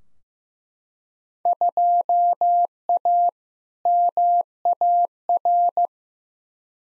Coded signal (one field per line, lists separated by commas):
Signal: Morse code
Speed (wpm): 15 wpm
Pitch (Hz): 700 Hz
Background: none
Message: 2A MAR